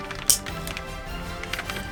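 A plastic vibroblade is slid into a toy lightsaber hilt and twisted until it locks, with a sharp click at 0.3 s as it seats. Softer clicks follow at about 0.8 s and 1.5 s over steady background music, and the blade is locked in place.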